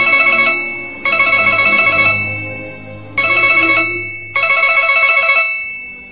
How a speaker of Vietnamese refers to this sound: Điện thoại lại reo chuông. Hai người cùng nhìn nhau. Có nên nghe không nhỉ?